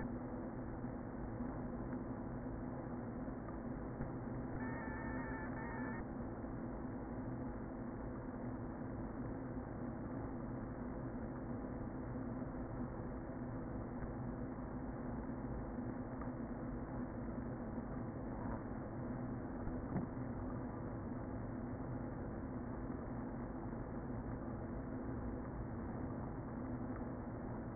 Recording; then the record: honeybee colony, microphone inside the hive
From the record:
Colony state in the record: queen present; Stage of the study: before two queens were removed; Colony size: about 60,000 bees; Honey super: yes